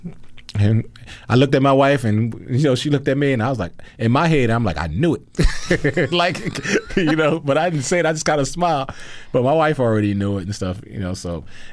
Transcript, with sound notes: And I looked at my wife. And, you know, she looked at me. And I was like - in my head, I'm like, I knew it.
(LAUGHTER)
Like, you know? But I didn't say it. I just kind of smiled. But my wife already knew it and stuff. You know, so